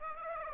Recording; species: mosquito wingbeat signal from an infrared sensor; Aedes aegypti